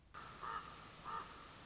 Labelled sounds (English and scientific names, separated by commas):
Common Raven (Corvus corax)